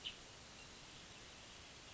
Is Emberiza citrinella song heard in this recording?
no